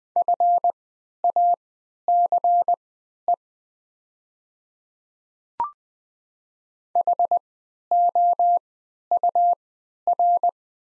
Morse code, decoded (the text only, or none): FACE HOUR